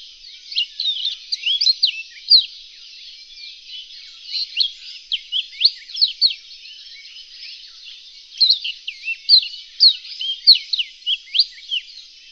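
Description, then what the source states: Reunion olive white-eye song: series of sharp, high down-slurred chirps, grouped in bursts separated by brief quieter gaps. Song (kicau).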